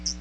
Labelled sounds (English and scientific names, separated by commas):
Hooded Warbler (Setophaga citrina) flight call